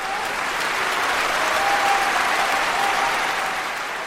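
A large concert-hall audience applauds a Beethoven performance steadily, a dense, continuous wash of clapping that holds loud for about four seconds, with a faint cheering or whistling tone drifting through it.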